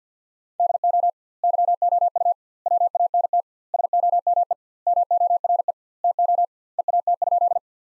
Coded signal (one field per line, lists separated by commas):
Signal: Morse code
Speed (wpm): 50 wpm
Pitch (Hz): 700 Hz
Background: none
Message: DO YOU WANT SOME MORE TO EAT?